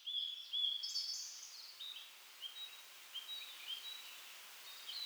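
Bird calls: thin, high chirps and short whistled notes in quick, irregular bursts, fading after the first second, over a faint steady hiss.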